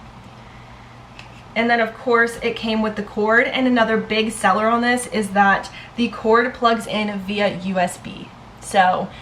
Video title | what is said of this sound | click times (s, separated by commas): HUGE AMAZON HAUL - stanley dupe, ouai hair care, amazon clothes, + more! | That just snaps right in. | 1.2 s